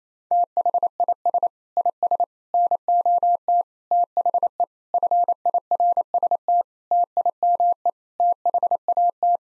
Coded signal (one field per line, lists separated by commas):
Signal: Morse code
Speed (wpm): 28 wpm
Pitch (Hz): 700 Hz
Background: none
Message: THIS IS NOT THE FIRST TIME THAT